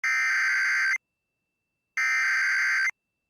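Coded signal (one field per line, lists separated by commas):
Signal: Emergency Alert System (SAME) tones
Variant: header bursts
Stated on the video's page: Real administrative message with valid EAS tones about blizzard highway closures in the Midwest.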